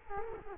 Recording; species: mosquito wingbeat signal from an infrared sensor; Culex quinquefasciatus